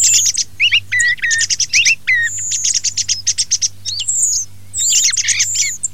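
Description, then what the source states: Thrush song: a fast, varied run of sharp chirps and slurred whistles, with a brief pause before a final burst of phrases. Filtered.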